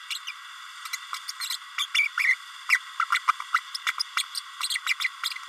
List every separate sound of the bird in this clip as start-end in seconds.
0.10-0.20, 0.27-0.32, 0.93-0.97, 1.28-1.32, 1.50-1.57, 1.78-1.86, 1.94-2.08, 2.17-2.35, 2.69-2.79, 2.99-3.05, 3.12-3.19, 3.27-3.32, 3.53-3.60, 3.86-3.92, 3.99-4.03, 4.16-4.24, 4.34-4.40, 4.69-4.80, 4.86-4.93, 5.00-5.09